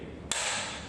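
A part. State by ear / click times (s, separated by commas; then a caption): released / 0.3 s. While an exhibition display is being dismantled, the black release button on the display stand frame's release latch is pressed and the graphics are let back down, with the mechanism worked twice until it clicks. A sharp click lands at 0.3 s, followed by a sustained broad rushing noise that slowly fades. The latch is released.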